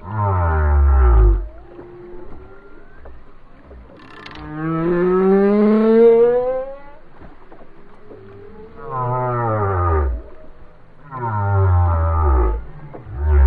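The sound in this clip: Whale song: a deep falling groan, a long moan rising in pitch, then two more deep falling groans.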